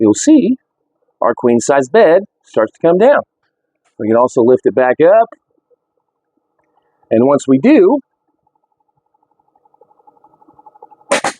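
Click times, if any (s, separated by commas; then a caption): 11.1 s, 11.2 s. Someone talks while the electric or manual drop-down queen bed in a 2026 ATC PLA 550 2816 bumper pull toy hauler is lifted back up along its wall track, with a faint steady hum and light ticking building as it rises. A loud metallic clunk at 11.1 s and another at 11.3 s mark the lift's lock mechanism engaging, and the bed is locked into place and will not come back down.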